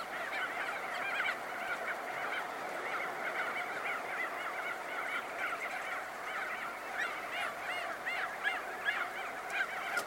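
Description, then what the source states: Crested auklets calling, a dense background chorus of honks with clearer, repeated nasal notes growing busier toward the end. Close-up recording.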